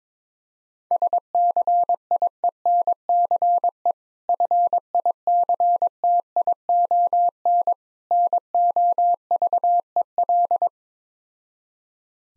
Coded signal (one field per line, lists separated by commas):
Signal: Morse code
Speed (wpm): 22 wpm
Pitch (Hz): 700 Hz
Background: none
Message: SCIENCE FICTION NOVEL